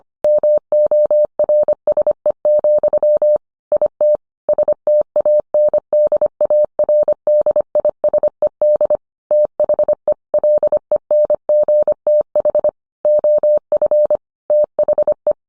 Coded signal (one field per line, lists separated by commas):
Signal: Morse code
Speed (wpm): 25 wpm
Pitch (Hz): 600 Hz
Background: none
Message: MORSE, IT STANDARDISED THE LENGTH OF THE